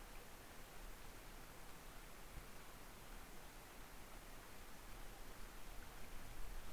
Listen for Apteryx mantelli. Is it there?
no